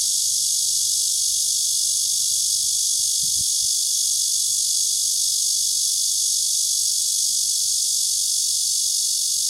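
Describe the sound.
Cicada droning in one loud, unbroken high-pitched buzz for the whole stretch, with a soft low thud partway through.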